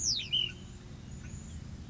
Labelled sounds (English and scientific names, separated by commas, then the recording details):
Ash-throated Flycatcher (Myiarchus cinerascens)
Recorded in Sonoma County, California